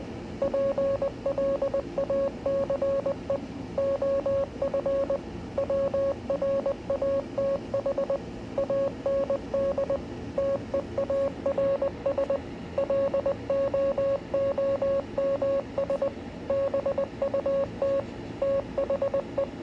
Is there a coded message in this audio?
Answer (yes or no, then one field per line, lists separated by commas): yes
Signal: Morse code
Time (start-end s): 0.4-19.4 s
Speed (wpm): 20 wpm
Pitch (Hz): 550 Hz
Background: radio noise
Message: PLACE OF WRATH AND TEARS LOOMS BUT THE